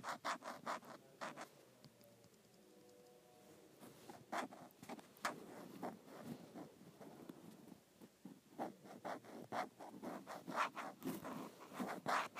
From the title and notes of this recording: ASMR Scraping the Case of my iPad.